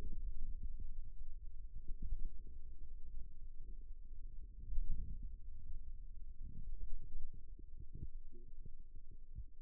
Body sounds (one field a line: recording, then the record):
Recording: forearm muscle sounds (acoustic myography)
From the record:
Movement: radial deviation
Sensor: system 2, bracelet of six BSWA MPA416 microphones around the upper forearm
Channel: 3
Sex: male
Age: 22 years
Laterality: right